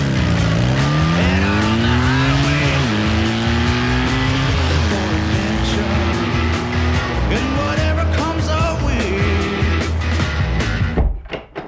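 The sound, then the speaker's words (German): Several motorcycle engines rev up and pull away, their pitch climbing in repeated loud sweeps over a steady rumbling roar that cuts off abruptly at the end. “Ich bin praktisch auf dem Motorrad geboren worden.”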